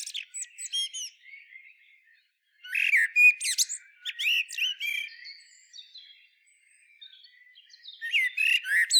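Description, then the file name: Common blackbird giving bursts of squawky chattering and thin whistled notes, delivered in irregular clusters separated by brief pauses. "Turdus merula"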